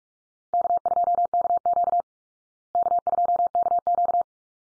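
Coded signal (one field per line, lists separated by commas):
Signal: Morse code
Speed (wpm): 44 wpm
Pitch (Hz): 700 Hz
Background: none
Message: K2KQ K2KQ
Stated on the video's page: Morse head-copy drill of call signs at 45 wpm, each sent twice, then spoken, then sent again.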